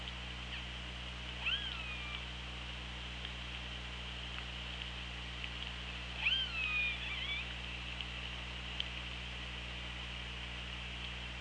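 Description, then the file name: Orca calls, two short harmonic squeals a few seconds apart, the second rising then falling, over constant underwater hiss and low hum. Recorded on the OrcaLab hydrophone, 24 August 2017, around 16:30. "Orca Lab 20170824 163009"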